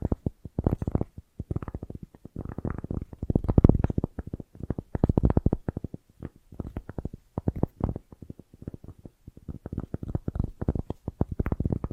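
Bracelets and jewelry boxes are handled in quick, dense bursts of clicking and clattering, with a heavy, low, rattling body to each knock. The rattling comes in clusters lasting a second or two, separated by brief pauses near 1 and 6 seconds.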